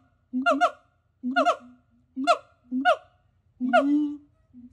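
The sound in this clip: Siamang calling, a series of harsh barking notes at roughly one-second intervals, rich in harmonics, the last drawn out into a steady tone.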